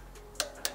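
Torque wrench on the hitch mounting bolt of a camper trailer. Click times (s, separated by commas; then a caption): 0.4 s, 0.7 s. A torque wrench set to the recommended 90 Nm is used on the primary bolt securing the hitch to a camper trailer. Two short, sharp ticks are heard at 0.4 s and 0.7 s, and the wrench clicks at its setting, confirming the bolt is at torque.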